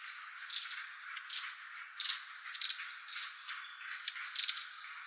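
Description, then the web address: Long-tailed tit calling with a series of sharp, high, thin notes, some in close pairs. Recorded on 23 January 2014. "birdenaga enaga"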